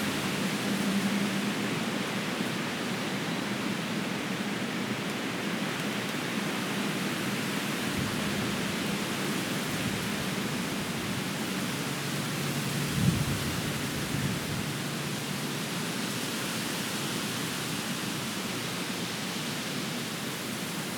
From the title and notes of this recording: Wind in the trees. A warm windy day with occasional gusts happening every five to ten minutes.